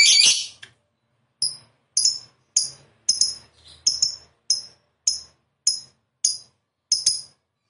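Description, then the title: Lovebird chirps: an opening harsh rasp, then a regular series of short, piercing high notes, with faint scratchy sounds between. Lovebird described as a 'fighter' type that is 'gacor', singing prolifically and continuously. "Berkat SUARA Lovebird FIGHTER GACOR Ini"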